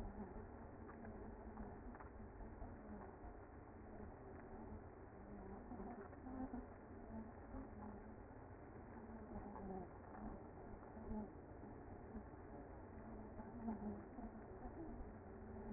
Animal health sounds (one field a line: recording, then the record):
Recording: honeybee colony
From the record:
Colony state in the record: active